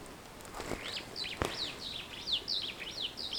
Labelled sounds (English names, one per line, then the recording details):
Superb Starling flight call
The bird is a female
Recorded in Kenya on 9 June 2010
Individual 58, of group MRC1